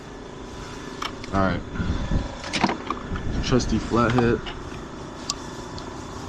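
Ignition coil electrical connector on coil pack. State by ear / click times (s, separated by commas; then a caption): released / 5.3 s. A flathead screwdriver pries the locking tab on the plastic electrical connector of an ignition coil pack on a 2008 Audi Q7 3.6. Someone talks over a steady background hum, then a sharp click at 5.3 s marks the connector unlatching and releasing.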